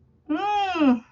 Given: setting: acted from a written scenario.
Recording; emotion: vocal sound without words; disappointment